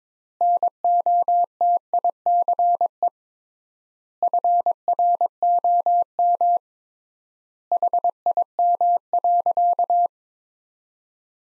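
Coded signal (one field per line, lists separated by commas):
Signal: Morse code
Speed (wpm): 22 wpm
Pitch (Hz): 700 Hz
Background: none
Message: NOTICE FROM HIM.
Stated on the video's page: Morse sentence practice from the top 400 words at 22 wpm with 3x standard word spacing, a word-level analogue of Farnsworth spacing.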